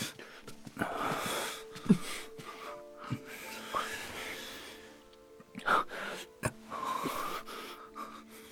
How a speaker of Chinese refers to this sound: 两人就近进入了龚应贤睡的客卧，在那交杂着暧昧喘息的热吻中，仁义将龚应贤推倒在了床上。